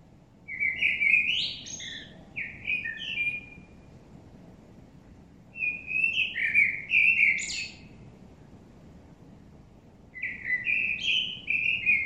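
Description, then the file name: Common blackbird song arriving as three phrases separated by short pauses, each a fluty warble with scratchy high notes. "Turdus merula"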